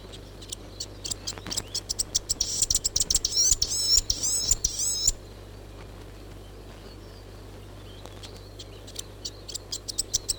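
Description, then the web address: Chatham Island fantail song: a fast run of squeaky, wavering high notes for several seconds, then scattered ticks and softer chips, with a low background hum. "bird-song chatham-island-fantail"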